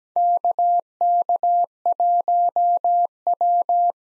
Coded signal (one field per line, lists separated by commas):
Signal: Morse code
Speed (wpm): 17 wpm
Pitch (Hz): 700 Hz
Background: none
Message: KK1W